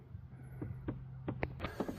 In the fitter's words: Alright, that pops right in. So now it's in on both sides.